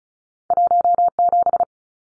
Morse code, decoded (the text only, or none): 17